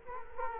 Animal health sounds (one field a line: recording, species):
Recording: mosquito wingbeat signal from an infrared sensor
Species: Culex quinquefasciatus